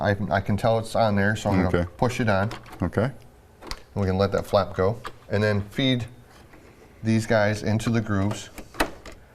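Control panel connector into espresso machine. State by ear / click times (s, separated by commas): seated / 8.8 s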